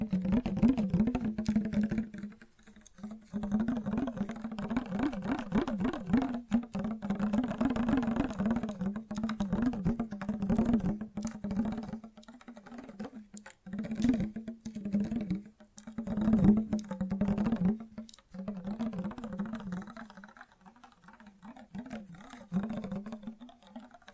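Fast, gentle tapping runs almost the whole way through: quick, light clicks in dense bursts. A low, wavering hum sits steadily beneath them. Brief drops in level come around 3, 13, 18 and 21 seconds before the tapping picks up again.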